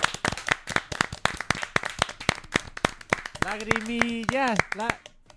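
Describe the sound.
A small group applauds with quick, sharp, uneven claps for several seconds. Toward the end a voice calls out over the clapping, then the applause fades.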